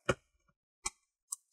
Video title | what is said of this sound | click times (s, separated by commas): Gateway Gwtn156 4Gr SSD HDD UPGRADE 💻 | you want to hear those clicks and you want to go all around in the front end work yourself through to the sides | 0.1 s, 0.9 s, 1.3 s